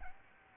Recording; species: mosquito wingbeat signal from an infrared sensor; Aedes albopictus